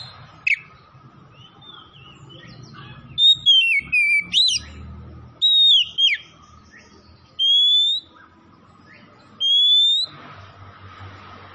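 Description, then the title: Oriental magpie-robin song: scattered quick varied whistles, then two long rising whistled notes spaced about two seconds apart, over a constant hum. Tretes; singing vigorously, described as gacor. "Kacer Tretes Gacor"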